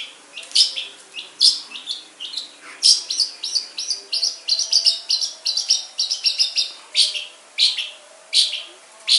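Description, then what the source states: Long-tailed shrike giving a steady run of many short, rasping chatter notes, with a few brighter accented notes throughout. Banyuwangi and Madura types of cendet.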